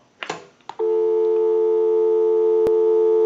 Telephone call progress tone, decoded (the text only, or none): dial tone